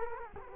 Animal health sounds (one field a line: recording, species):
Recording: mosquito wingbeat signal from an infrared sensor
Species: Culex quinquefasciatus